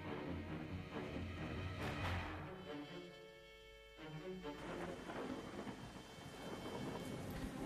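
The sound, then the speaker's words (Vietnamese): Steady heavy rain and wind hiss throughout a night thunderstorm with lightning while low rumbles of thunder roll underneath, swelling around the middle with a brief tonal ringing before the downpour and rumbling resume at full strength. “Còn ông trời thì chỉ đáp lại bà bằng cơn mưa gió sấm chớp, mịt mùng.”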